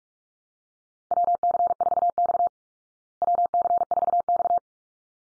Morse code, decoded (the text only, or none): WC4X WC4X